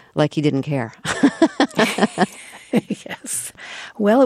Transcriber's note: laughter